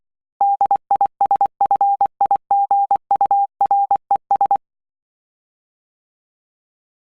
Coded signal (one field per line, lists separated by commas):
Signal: Morse code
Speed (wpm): 24 wpm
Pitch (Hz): 800 Hz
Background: none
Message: DISFIGURES